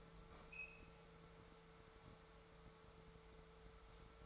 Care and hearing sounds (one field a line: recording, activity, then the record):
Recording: daily activity, microphone in the room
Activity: open fridge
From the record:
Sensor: 3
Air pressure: 1014.9 hPa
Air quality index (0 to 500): 200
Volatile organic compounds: 29 ppm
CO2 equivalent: 2926 ppm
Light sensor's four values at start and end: 12/31/12/13 and 13/32/13/13